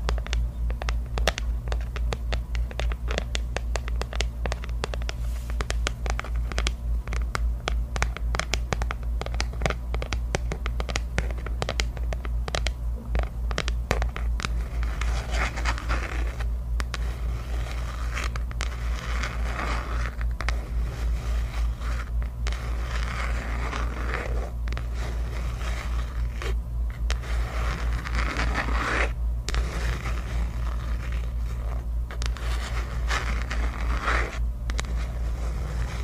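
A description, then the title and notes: Long nails tap and scratch quickly on assorted objects, a dense, irregular run of crisp clicks. From about the midpoint, rougher scraping strokes and brief rustling bursts mix in. A steady low hum runs underneath throughout. Tapping and scratching on many new objects, with my super long nails.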